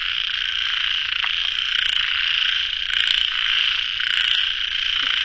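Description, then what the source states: Frogs in a continuous high chorus that swells and fades in gentle waves, with a few short croaks over it. Frogs at a pond late at night, recorded in the field by the uploader.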